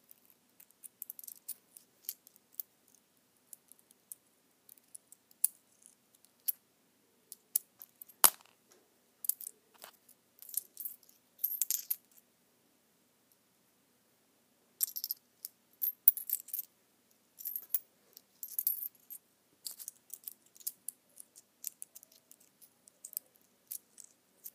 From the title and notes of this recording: ASMR Rattling Toys.